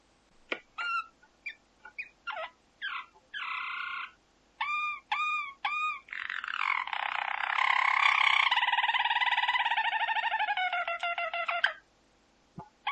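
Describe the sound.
Domestic canary song opening with separate swooping whistles and short repeated notes, then building into a long, loud buzzing roll that stops abruptly.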